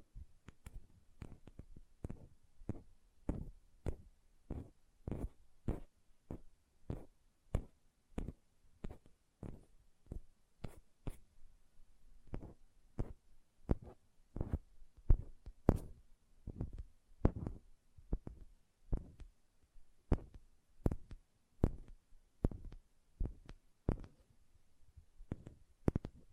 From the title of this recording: Hand Sounds, Nail Tapping and Lotion Sounds